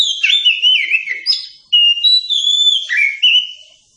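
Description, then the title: Oriental magpie-robin singing a varied sequence of whistles and slurred notes, with a short pause midway before the song resumes. Captive-bird training song recording (masteran) for kacer. "Masteran Ampuh Burung Kacer"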